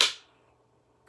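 A pistol is pushed back into its holster and seats with one sharp click at 0.0 s, the click confirming the gun is in there. The bright snap rings out and fades over about a quarter second, leaving only a faint low hum. The pistol is seated.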